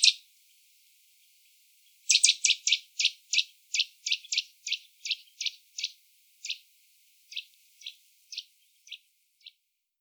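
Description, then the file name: Eurasian nuthatch giving a series of short, sharp high notes, fast at first then slowing and spacing out over several seconds, with a single note and a quiet pause before. "Sitta europaea"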